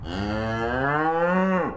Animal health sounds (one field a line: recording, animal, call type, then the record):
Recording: contact call of a hoofed animal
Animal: cattle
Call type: low-frequency (closed-mouth) or high-frequency (open-mouth) call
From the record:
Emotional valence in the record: negative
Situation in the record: full separation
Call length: 1.77 s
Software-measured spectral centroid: 1350 Hz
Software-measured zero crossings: 1540 a second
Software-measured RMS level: -24 dBFS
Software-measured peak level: -9 dBFS